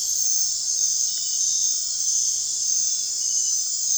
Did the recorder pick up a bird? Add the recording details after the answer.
no. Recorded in dense forest near Puerto Asís, Putumayo, Colombia, on 22 June 2025 at 20:30. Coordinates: 0.468, -76.322. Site GP03